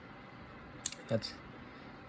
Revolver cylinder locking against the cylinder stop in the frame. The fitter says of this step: we're doing that this cylinder is going to rotate and lock into place